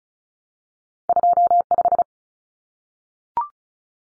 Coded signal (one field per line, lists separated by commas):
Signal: Morse code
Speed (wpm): 34 wpm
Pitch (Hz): 700 Hz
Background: none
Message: 25